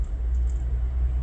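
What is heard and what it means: An interchangeable lens is handled at the bayonet mount of a Sony a6000 mirrorless camera body, after being removed and while being fitted back on to twist until it locks. Only a steady low rumble and faint handling noise are heard, with no sharp transients. Nothing has seated or clicked yet.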